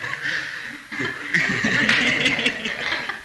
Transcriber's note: laughter